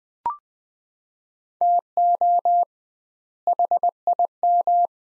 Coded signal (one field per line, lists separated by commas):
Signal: Morse code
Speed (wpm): 20 wpm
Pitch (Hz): 700 Hz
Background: none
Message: TO HIM